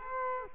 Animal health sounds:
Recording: mosquito wingbeat signal from an infrared sensor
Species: Culex quinquefasciatus

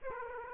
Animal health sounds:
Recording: mosquito wingbeat signal from an infrared sensor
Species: Aedes aegypti

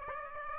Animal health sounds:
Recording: mosquito wingbeat signal from an infrared sensor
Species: Aedes aegypti

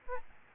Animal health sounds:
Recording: mosquito wingbeat signal from an infrared sensor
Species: Aedes albopictus

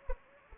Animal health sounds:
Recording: mosquito wingbeat signal from an infrared sensor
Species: Anopheles arabiensis

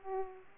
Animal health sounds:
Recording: mosquito wingbeat signal from an infrared sensor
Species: Aedes aegypti

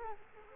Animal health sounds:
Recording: mosquito wingbeat signal from an infrared sensor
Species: Culex quinquefasciatus

